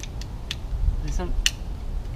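A wheel cable lock on a Kuat NV 2.0 Base hitch bike rack is closed into its lock housing, giving a loud, sharp click at 0.5 s as it snaps shut and seats. A few quieter ticks come before it, and someone talks afterward.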